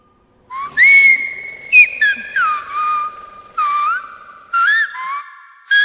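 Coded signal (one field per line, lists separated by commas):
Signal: whistled language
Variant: Silbo Gomero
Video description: «Películas y muñecas» es un relato escrito por Daniel Martín Castellano. Fue silbado por Keila Idaira Morales Vera.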